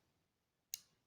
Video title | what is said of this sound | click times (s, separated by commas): #Symbicort_Turbuhellr --How to use symbicort turbuheller in Asthama!!symbicort 160/4.5 inhaler | একটা কট করে আওয়াজ হলো মানে ওষুধটা এখানে এসে গেল। | 0.7 s